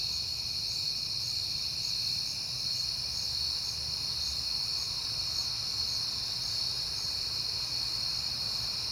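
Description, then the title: Cricket: a continuous night chorus of crickets, shrill and stacked in several pitches, steady from start to finish over a light low background rumble. Crickets recorded at night in September on a peaceful night. "Night Time: Crickets and Passing Cars"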